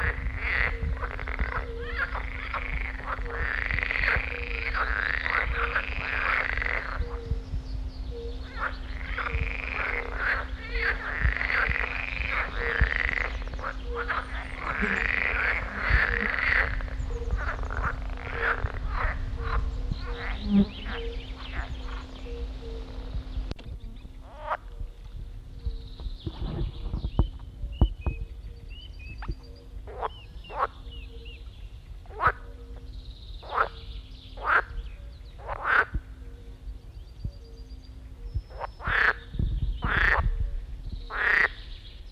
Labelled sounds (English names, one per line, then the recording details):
Edible Frog call
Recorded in the wild
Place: Buxpfuhl, Brandenburg, DE
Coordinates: 52.78, 13.67
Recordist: Günther, Rainer
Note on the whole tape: Rufe